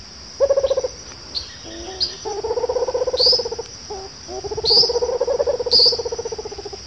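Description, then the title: Rufous-capped Motmot call: a short burst of low pulses followed by two long rapid pulsed rolls, with a few sharp high chips over a constant insect hum. "LuckyPassaro Completos2Sama. Rufous-capped Motmot (Baryphthengus ruficapillus)"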